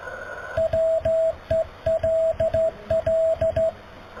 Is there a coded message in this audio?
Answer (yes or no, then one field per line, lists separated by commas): yes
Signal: Morse code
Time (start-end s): 0.6-3.7 s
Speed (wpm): 14 wpm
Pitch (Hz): 650 Hz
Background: radio noise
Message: WELL